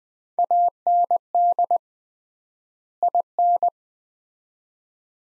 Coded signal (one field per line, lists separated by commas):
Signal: Morse code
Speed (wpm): 20 wpm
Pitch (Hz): 700 Hz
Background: none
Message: AND IN